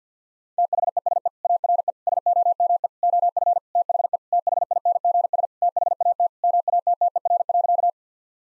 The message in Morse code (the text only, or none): THESE ARE SOME OF THE THINGS THAT MATTER.